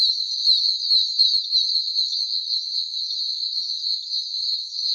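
Oak toads in a dense chorus, high peeping notes overlapping into a steady shrill stream with no gaps.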